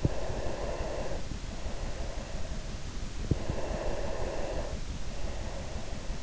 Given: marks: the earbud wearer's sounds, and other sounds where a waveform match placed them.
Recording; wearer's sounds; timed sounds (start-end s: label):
sounds in sleep by an in-ear microphone; breath
0.04-2.80 s: breath
3.23-6.18 s: breath